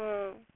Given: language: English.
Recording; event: throat vibration sensor signal played as sound; speech